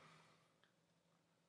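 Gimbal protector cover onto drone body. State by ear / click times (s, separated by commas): not seated / none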